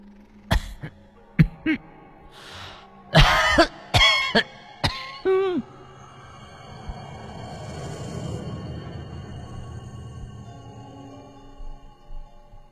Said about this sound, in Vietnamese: Đột nhiên, có tiếng ho khổ khổ vang lên, làm cho bác giật mình.